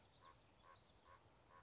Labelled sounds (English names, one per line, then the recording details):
Common Raven
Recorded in Sonoma County, California